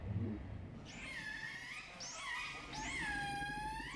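Whale calls as three high arching whistled cries, each rising then falling, over a low background rumble.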